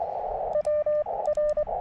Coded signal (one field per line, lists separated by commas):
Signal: Morse code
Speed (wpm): 24 wpm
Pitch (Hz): 1200 Hz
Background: radio noise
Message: WR